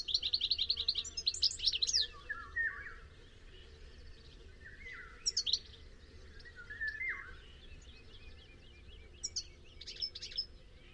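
Bird opens with a fast run of high chirps and lower sliding notes, followed by scattered shorter bursts of chirps over a low hum.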